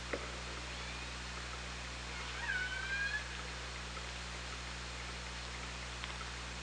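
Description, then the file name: Killer whale call: a single tonal, slightly rising squeal lasting under a second, over a steady low underwater hum and hiss. Recorded on a hydrophone at OrcaLab, 24 August 2017, at 17:08:45. "Orca Lab UTLN JASON 20170824 170845"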